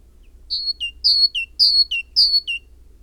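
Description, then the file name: Great tit song: a repeated two-note phrase, a high whistled note dropping to a lower one, given four times in quick even rhythm. "Parus major"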